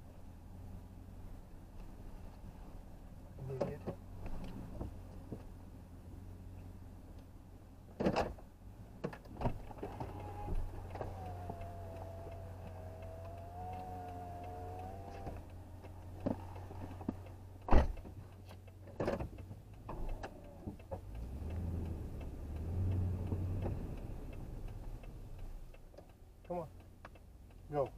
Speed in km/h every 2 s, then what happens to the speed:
3, 0, 0, 0, 0, 0, 0, 0, 0, 0, 3, 13, 3, 0.
2-19 standing. 19-21 pulls away to 13. 25-28 standing.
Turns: none.